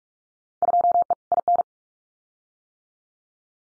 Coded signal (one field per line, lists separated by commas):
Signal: Morse code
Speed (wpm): 46 wpm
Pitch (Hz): 700 Hz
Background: none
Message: 2E IN